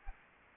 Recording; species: mosquito wingbeat signal from an infrared sensor; Anopheles arabiensis